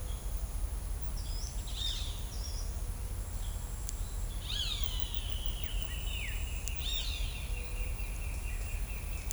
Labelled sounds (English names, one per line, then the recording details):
Ochre-lored Flatbill
Roadside Hawk
Pale-legged Hornero
Olive-grey Saltator
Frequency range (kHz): Ochre-lored Flatbill 4.6-6.3 kHz; Roadside Hawk 0.8-9.3 kHz; Pale-legged Hornero 1.0-4.5 kHz; Olive-grey Saltator 1.4-4.1 kHz
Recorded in shrubland near Pivijay, Magdalena, Colombia, on 5 June 2023 at 10:00
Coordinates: 10.453, -74.365
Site P5-G022